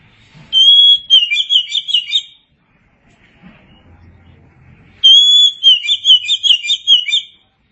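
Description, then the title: Oriental magpie-robin repeating the same phrase twice: a clear long whistle leading into a quick series of chirpy, bouncing notes. "Suara Kicauan Burung Kacer"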